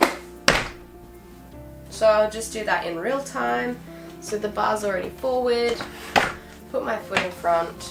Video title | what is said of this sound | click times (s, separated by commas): Doona Carseat/ Stroller Review | Make sure it clips. You can hear it. | 0.5 s